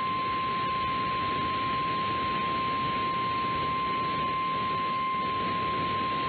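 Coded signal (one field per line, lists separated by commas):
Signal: Emergency Alert System (SAME) tones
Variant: 1050 Hz attention tone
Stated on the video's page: NOAA Weather Radio alerts from Sioux Falls during a derecho.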